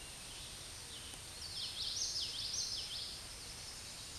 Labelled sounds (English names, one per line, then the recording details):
Common Yellowthroat song
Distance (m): 30 m
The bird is about 5 m above the microphone
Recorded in a Pennsylvania forest on 16 May 2024 at 09:34
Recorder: AudioMoth, point MSD-2304
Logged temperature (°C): 16.0 °C
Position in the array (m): 222 m, 192 m